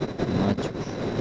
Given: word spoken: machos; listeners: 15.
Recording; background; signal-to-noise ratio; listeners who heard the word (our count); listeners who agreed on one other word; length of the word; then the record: one Spanish word in noise, from a listening test; noise modulated by three-talker babble; -3.0 dB; 4 of 15; 11 of 15; 0.81 s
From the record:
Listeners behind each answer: 11, 4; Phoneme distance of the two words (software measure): 10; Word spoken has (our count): 2 syllables, 5 phonemes, stress on syllable 1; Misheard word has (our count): 2 syllables, 5 phonemes, stress on syllable 1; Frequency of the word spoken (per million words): 6.39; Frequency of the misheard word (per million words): 377.05